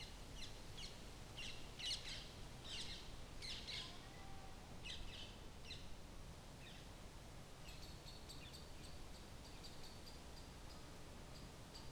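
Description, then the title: Parakeets giving harsh, screechy squawks in quick bursts through the first seven seconds, followed by softer repeated high chirps, over steady low background rumble. Flock of parakeets in the Talmastraat neighbourhood, Amsterdam, Netherlands, in summer; large groups sitting in trees, moving from tree to tree and flying fast along the street. "Talmastraat, Amsterdam, Nederland - Parkieten/ Parakeets"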